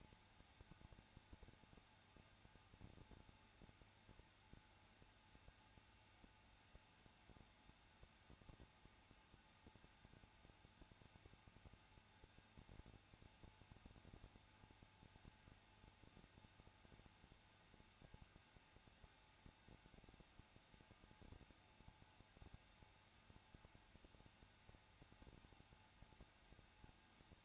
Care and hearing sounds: daily activity, microphone in the room; no activity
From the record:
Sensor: 2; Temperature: 21.0 degrees Celsius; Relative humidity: 34.2%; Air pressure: 994.3 hPa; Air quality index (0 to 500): 172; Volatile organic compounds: 3 ppm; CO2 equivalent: 1334 ppm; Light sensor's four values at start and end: 2/3/2/2 and 2/3/2/2

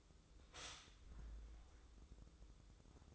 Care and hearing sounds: daily activity, microphone in the room; stop toaster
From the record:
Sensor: 3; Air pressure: 995.2 hPa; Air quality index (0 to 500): 74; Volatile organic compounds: 5 ppm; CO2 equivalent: 1739 ppm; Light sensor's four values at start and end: 18/55/23/20 and 18/54/23/20

